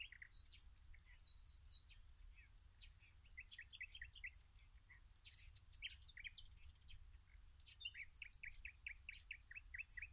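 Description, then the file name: Common nightingale song: varied bright chirps and whistles, ending in a fast run of repeated notes, over a low background rumble. "Luscinia megarhynchos"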